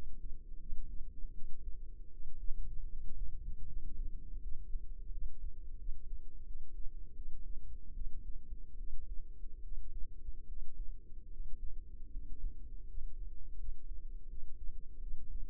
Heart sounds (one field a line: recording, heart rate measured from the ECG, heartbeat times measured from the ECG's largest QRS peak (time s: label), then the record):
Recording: heart sounds by microphone in the left ear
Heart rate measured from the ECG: 79 bpm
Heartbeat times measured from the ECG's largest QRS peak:
0.60 s: heartbeat
1.34 s: heartbeat
2.10 s: heartbeat
2.89 s: heartbeat
3.67 s: heartbeat
4.42 s: heartbeat
5.12 s: heartbeat
5.79 s: heartbeat
6.45 s: heartbeat
7.16 s: heartbeat
7.94 s: heartbeat
8.77 s: heartbeat
9.62 s: heartbeat
10.47 s: heartbeat
11.30 s: heartbeat
12.11 s: heartbeat
12.87 s: heartbeat
13.58 s: heartbeat
14.28 s: heartbeat
15.01 s: heartbeat
From the record:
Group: healthy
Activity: rest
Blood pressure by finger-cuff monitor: 138/78 mmHg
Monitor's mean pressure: 94 mmHg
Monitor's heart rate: 83 bpm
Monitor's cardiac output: 6.9 L/min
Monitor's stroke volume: 82 mL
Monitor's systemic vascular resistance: 990 dyn s/cm5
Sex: female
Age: 32 years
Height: 168 cm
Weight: 61.9 kg